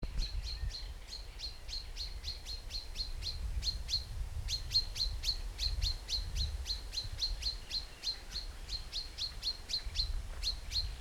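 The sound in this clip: Common chaffinch giving quick bright chip notes, several each second, with a brief pause near four seconds, over a low rumble.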